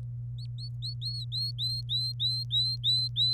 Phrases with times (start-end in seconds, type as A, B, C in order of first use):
0.39-3.33 A